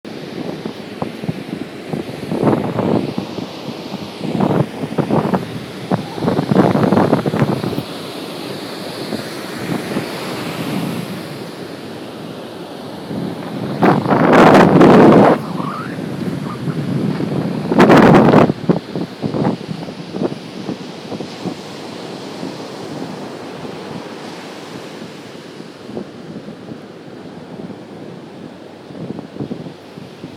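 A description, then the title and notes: Ocean surf at a beach, a steady low rush with wind buffeting the microphone. Bursts of gusty rumble come in the first eight seconds, and two loud, bright crashes hit around fifteen and eighteen seconds before the sound settles back to a softer wash. Pacific Ocean at Venice Beach by Melanie Koeppen.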